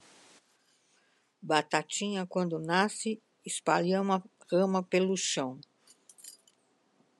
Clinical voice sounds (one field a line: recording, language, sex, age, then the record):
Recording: short text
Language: Brazilian Portuguese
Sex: female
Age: 70 to 79 years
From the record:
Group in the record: control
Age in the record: 70 years